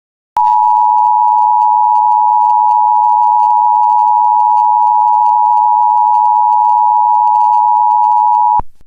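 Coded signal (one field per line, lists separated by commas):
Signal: Emergency Alert System (SAME) tones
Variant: 853 and 960 Hz attention tone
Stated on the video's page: Fictional EAS scenario about an invasion, not a real alert.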